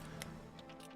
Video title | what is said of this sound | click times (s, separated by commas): Lets build a lite GoPro, Drone Giveaway, Q&A, 6/26/22 #live #fpv | just pop into place you can almost hear them click in | 0.2 s